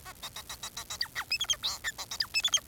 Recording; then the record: song of a male Bengalese finch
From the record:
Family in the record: son of father 4